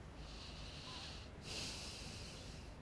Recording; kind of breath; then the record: one breath in and out by a microphone near the nose and mouth; deep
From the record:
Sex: male